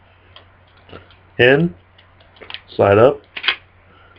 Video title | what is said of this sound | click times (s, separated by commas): Gear Update | it locks in place | 3.4 s, 3.5 s